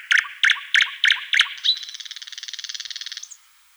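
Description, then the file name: Thrush nightingale song: five loud, spaced knocking notes leading into a rapid, pulsing rattle that ends in a brief upward flick. "solovey obyknovennyy golos"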